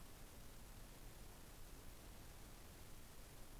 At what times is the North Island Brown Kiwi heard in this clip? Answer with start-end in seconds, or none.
none